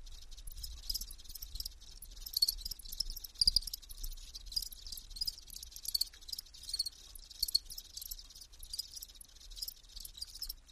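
Insect song: steady run of sharp, high rasping pulses in clustered bursts, with occasional soft low thumps underneath.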